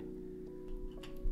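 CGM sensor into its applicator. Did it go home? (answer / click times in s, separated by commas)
no / none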